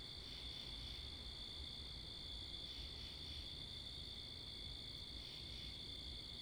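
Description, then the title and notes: Crickets in chorus produce a continuous high trill with occasional soft swells, while wind and traffic rumble beneath. Wakefield, Rhode Island, 10 October 2021, 11:35pm, night; recorded facing northeast with two Rode NTG-3 shotgun mics on a Sound Devices MixPre 10ii; crickets with cars and wind. "Oct 10th 2021 11:35pm Wakefield, Rhode Island. Crickets, Cars, and Wind"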